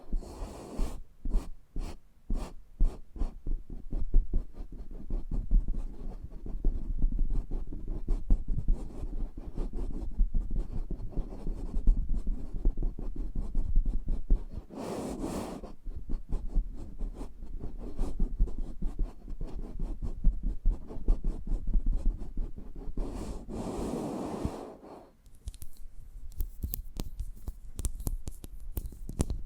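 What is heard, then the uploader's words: An ASMR eardrum massage: dense, continuous rubbing and scratching fills the whole clip, thick in the low end with quick clicks and taps throughout. Brighter swishing bursts break in around 15 seconds and again from about 23 to 25 seconds, followed by a brief quieter dip. ASMR Intimate Eardrum Massage.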